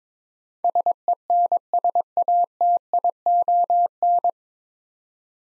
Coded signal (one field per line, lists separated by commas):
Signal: Morse code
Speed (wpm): 22 wpm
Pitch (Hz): 700 Hz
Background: none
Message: SENSATION